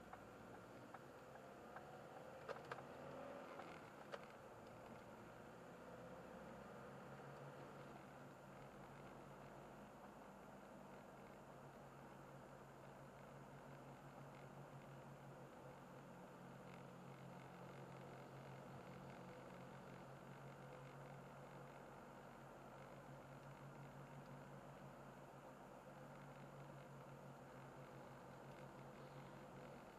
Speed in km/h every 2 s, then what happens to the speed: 33, 40, 47, 54, 55, 53, 52, 50, 46, 50, 51, 52, 52, 51, 51.
0-6 speeds up to 54. 6-12 steady at about 53. 12-15 slows to 46. 21-30 steady at about 51.